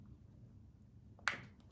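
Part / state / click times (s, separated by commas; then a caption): battery pack into headlamp housing / seated / 1.3 s. After its lower tabs are lined up with their slots, a battery pack is pressed back into the housing of a Forclaz HL 900 USB 400-lumen headlamp. Over a quiet background, a sharp click at 1.3 s marks it snapping into place, with fainter ticks just before and after. The pack is seated and the lamp is ready to use.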